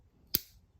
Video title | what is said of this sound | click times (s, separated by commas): Year 2022 Wrap-Up Knife Collection Acquisition Reflections.. a mixture of various edc tools.. | and boom it is locked into place so | 0.3 s